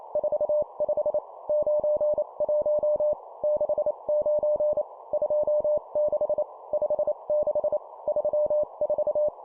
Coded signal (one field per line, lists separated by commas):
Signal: Morse code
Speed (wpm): 28 wpm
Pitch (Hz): 600 Hz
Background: none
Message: 45 91 69 26 56 34